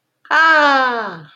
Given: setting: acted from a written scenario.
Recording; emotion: vocal sound without words; ecstasy